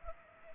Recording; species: mosquito wingbeat signal from an infrared sensor; Culex pipiens